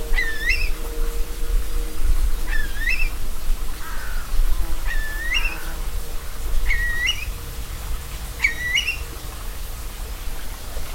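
Curlew calls, rising whistled notes with a quick upward hook, repeated about every two seconds, five calls in all, over a steady low rumble and a faint hum.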